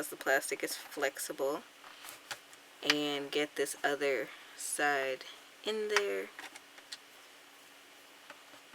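A flexible plastic part is fitted into the body of a Sentro 32-needle knitting machine, with its other side lined up and wiggled into position before the final push. Someone talks while a few small, sharp ticks are heard. The part has not seated or snapped into place yet.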